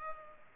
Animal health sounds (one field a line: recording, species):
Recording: mosquito wingbeat signal from an infrared sensor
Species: Culex pipiens